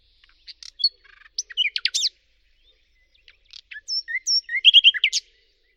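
Bird song of sharp chirps and short trills in two bursts, the second a lively run of varied whistled notes, with silence between.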